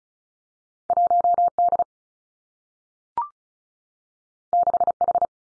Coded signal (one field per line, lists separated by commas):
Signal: Morse code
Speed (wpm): 36 wpm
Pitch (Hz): 700 Hz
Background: none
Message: 1 D 6 H